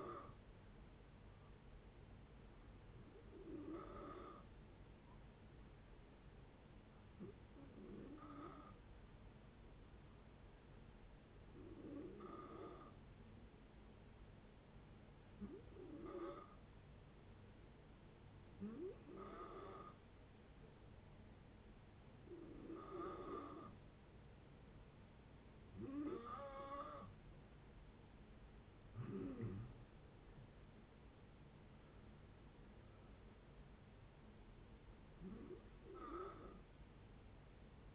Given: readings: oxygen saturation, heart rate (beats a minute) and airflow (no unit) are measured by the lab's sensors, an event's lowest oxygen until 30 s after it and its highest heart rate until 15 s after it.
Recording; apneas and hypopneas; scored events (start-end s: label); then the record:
breathing in sleep by a voice recorder at the bedside; 1
4.00-26.20 s: hypopnea (N2, oxygen 93% highest, then 89% lowest)
24.00-37.95 s: new sleep stage, N1 (lightest sleep)
From the record:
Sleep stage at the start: N2 (light sleep); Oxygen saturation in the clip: 89 to 93%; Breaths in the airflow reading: 11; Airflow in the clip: -9.3 to 12.0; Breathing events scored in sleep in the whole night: 496 in 5.4 hours asleep